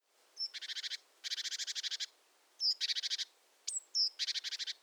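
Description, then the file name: Great tit calls: a few high thin notes, then long buzzy churring rattles, four bursts within about five seconds. "Parus major"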